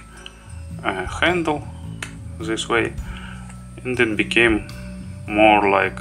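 A small plastic FiiO RM1 Bluetooth remote controller is inserted into its plastic handle accessory and seats with a short, sharp tick at 0.3 s. Someone talks over quiet background music.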